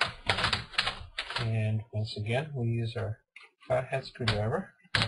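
On an ASUS K53TA laptop, the plastic screen bezel on the other side of the screen housing is pried off with a flat head screwdriver while someone talks. Its clips give a quick series of snaps at 0.0, 0.3, 0.5, 0.8 and 1.2 seconds, and the bezel snaps loose.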